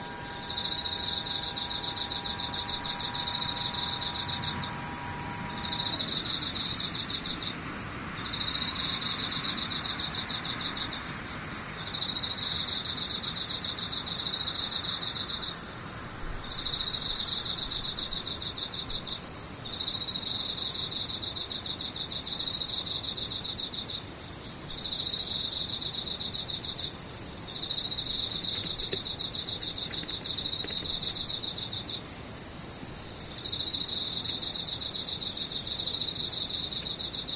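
Insects trill without a break, several high, bright chirping lines pulsing in regular bursts about once or twice a second. A steady soft hiss sits underneath, and a faint tone holds for the first six seconds before fading.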